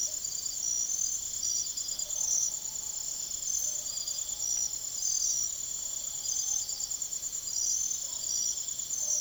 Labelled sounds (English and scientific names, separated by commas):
none